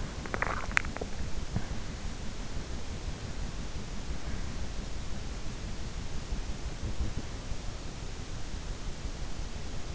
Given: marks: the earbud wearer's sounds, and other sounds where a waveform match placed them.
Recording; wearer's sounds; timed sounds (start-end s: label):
sounds in sleep by an in-ear microphone; swallowing
0.00-1.78 s: swallowing